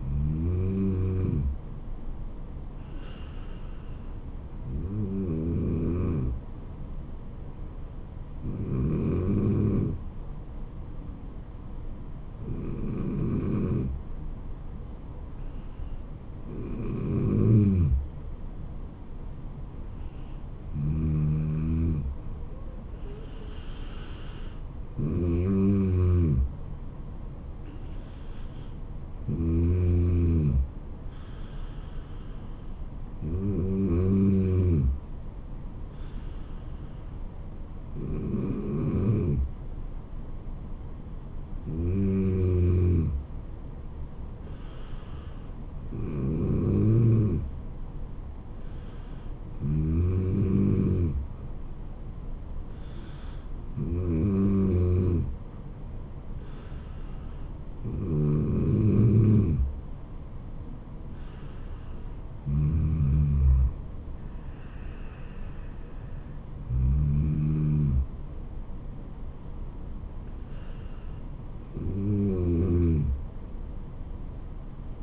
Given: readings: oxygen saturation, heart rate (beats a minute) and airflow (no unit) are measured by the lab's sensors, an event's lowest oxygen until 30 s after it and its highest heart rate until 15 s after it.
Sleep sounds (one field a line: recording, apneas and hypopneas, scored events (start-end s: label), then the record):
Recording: breathing in sleep by a smartphone at the bedside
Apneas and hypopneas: none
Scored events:
7.00-75.03 s: new sleep stage, N3 (deep sleep)
From the record:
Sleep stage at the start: N2 (light sleep)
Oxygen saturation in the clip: 93 to 95%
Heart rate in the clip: 67 to 77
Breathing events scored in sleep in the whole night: 426 in 7.4 hours asleep